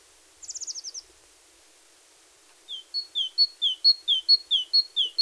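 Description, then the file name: Great tit song of evenly alternating lower and higher whistled notes, preceded by a brief, rapid, high-pitched trill. "Parus major"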